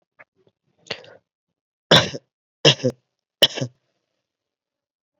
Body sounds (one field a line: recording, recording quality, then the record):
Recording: shallow voluntary cough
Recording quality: excellent, no background noise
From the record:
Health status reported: COVID-19 positive, no symptoms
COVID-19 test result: positive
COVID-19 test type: RT-PCR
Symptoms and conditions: fatigue, muscle pain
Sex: male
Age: 23 years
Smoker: yes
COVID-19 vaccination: both doses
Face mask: not worn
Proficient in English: yes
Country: India